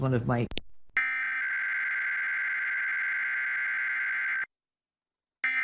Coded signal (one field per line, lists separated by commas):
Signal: Emergency Alert System (SAME) tones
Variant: header bursts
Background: speech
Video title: KCWH Weekly EAS Test (August 23, 2024)